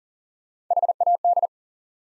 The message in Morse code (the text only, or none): HAD